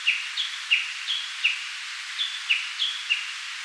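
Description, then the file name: Japanese bush warbler giving brief whistled notes, some falling, some level, in quick irregular succession over constant hiss. "Cettia diphone"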